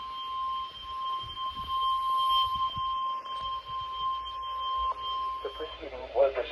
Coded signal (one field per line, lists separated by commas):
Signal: Emergency Alert System (SAME) tones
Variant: 1050 Hz attention tone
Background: speech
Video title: 4 TESTS! | EAS #82-85| Required Weekly Test| KXI76, WWH23, WXJ31